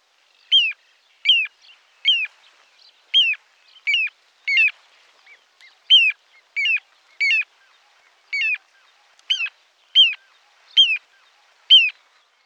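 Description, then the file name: Little ringed plover calling: a clear, short, slightly falling whistled note repeated steadily, about one per second, on a quiet background. "Charadriidés-Charadrius-dubius-Petit-gravelot"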